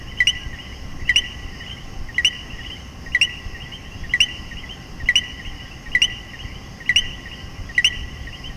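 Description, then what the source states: Common coquí calling steadily, nine crisp co-qui notes roughly once a second, each a short tone followed by a higher rising whistle, over low background hiss. Puerto Rico.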